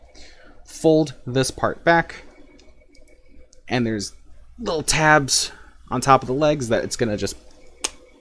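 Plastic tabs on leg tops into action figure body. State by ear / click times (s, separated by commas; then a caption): seated / 7.9 s. Someone talks while folding part of a Transformers Kingdom action figure back and pressing the small plastic tabs on top of its legs into the body. One loud snap is heard at 7.9 s as the leg tabs seat into their slots.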